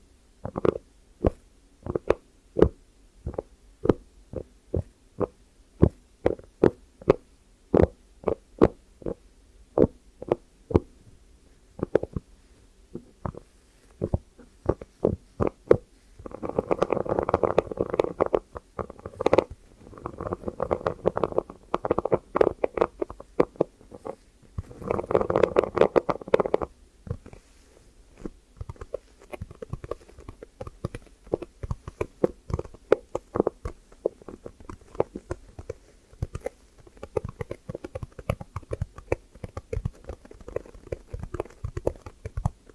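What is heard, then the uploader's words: Close-up ASMR triggers near the ears: a steady run of crisp taps and clicks, quick and uneven, with muffled low thumps underneath. From about 16 to 27 seconds, dense scratchy rubbing takes over in three long bursts before the sparse tapping returns. ASMR Triggers Over, Under and Inside Your Ears. (No Talking).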